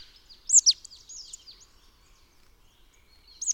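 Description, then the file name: Marsh tit giving two sharp, high downslurred notes in quick succession, a few softer chirps, and another sharp note at the end. "Poecile palustris"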